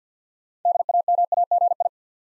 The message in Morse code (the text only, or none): DAMAGI